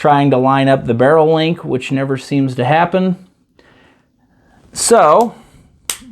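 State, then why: Seated. Someone talks while fitting the slide and barrel of a field-stripped Phoenix Trinity H-Pro 2011 pistol back onto the frame during reassembly. At 5.9 s the slide stop goes home with a single sharp metallic snap. The slide locks into place and the function check passes.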